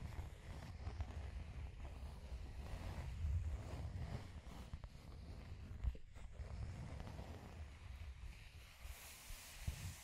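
Scratching and tracing sounds rub on steadily for the whole stretch, a dense, rough texture weighted toward the low end with a gritty hiss above. Short scrapes and strokes come in irregular bursts, with a sharp catch near six seconds and a brighter swipe near the end.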